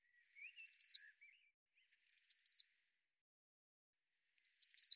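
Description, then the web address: Bird calling in three bursts of about four high, sharply downslurred chirps, with a faint lower note between bursts; otherwise quiet. "cianscape birddata Deverinetal 2025 File cleaned normalized Bird Cy Ca"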